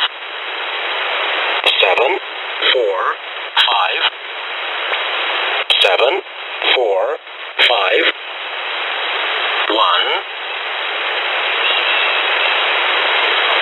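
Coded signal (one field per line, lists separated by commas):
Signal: numbers station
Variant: E07 English Man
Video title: Russian E07 "English Man" number station at 12168 kHz (long message)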